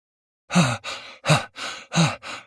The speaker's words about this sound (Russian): Тяжело дышала девушка от бега по ночному городу.